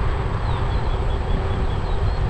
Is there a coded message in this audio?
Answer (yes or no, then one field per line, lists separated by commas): no